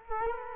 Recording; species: mosquito wingbeat signal from an infrared sensor; Culex quinquefasciatus